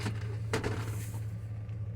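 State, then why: Seated. A pickup truck's fold-up center console, which doubles as a middle seat, is flipped up into the bench seat. It locks into position with a single sharp clunk at 0.5 s over a steady low hum. The seat latches in place.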